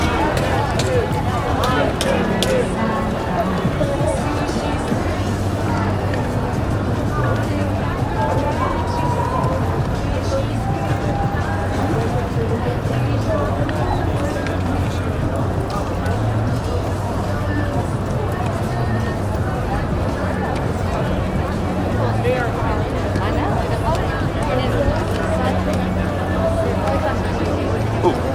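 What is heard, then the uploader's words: Voices fill a peaceful protest in New York City, a constant crowd babble with overlapping speech and no pauses for the whole stretch. A low hum runs underneath, and traffic noise from the street mixes in throughout at an even loudness. The Sound Of A Protest. Today's episode features a segment of audio recorded at a peaceful protest in New York City.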